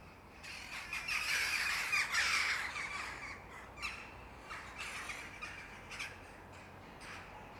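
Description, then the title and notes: Corvid calls, a burst of harsh, overlapping caws in the first three seconds, then scattered fainter caws, with steady wind-like background noise. Corvids, possibly mainly rooks, circling neatly and regularly over a back yard at dusk near sunset, in wind. "ｐａｔｚｒ ｒａｄｉｏ ｓｉｘｔｙ－ｔｗｏ - untitled [back yard, near sunset]. back yard at dusk. corvids - rooks, mainly, i think - circle, neatly, regularly"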